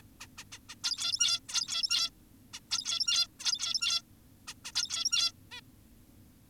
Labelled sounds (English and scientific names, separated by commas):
Zebra Finch (Taeniopygia guttata)